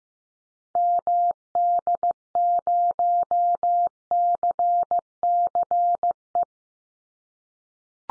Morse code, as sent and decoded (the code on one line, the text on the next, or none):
-- -.. ----- -.-. -.-. .
MD0CCE